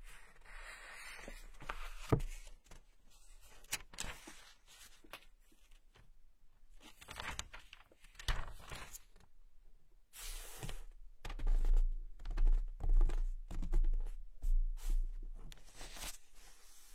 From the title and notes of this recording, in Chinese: 翻书声。纸音。